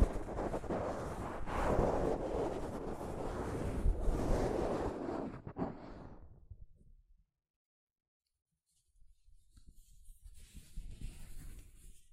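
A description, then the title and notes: Soft fabric brushes against a microphone in a dense, rustling rush that swells and scrapes unevenly for about six seconds, then thins out and stops. Near-silence follows for a few seconds before a quieter, lighter patch of rubbing returns toward the end. ASMR Mic Brushing using Soft Fabric (No Talking).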